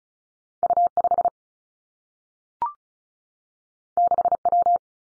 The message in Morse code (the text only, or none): U 5 6 W